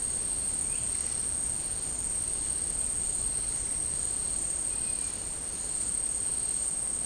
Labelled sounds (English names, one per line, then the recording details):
none
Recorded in dense forest near Puerto Asís, Putumayo, Colombia, on 18 February 2024 at 12:30
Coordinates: 0.486, -76.316
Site G6437